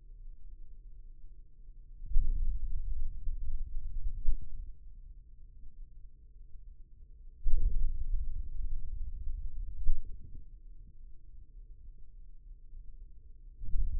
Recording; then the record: forearm muscle sounds (acoustic myography)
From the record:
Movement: hand opening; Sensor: system 2, bracelet of six BSWA MPA416 microphones around the upper forearm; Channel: 4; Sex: male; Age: 22 years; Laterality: right